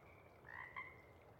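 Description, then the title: Pacific chorus frog giving a single two-note ribbit, the second note clipped and sharp, over a low steady background hiss. Sparse chorus just before dawn as twilight breaks; most of the group has gone back to burrow and sleep, a few individuals still calling to attract a mate. "Chorus Frogs, Sparse, pre-Dawn"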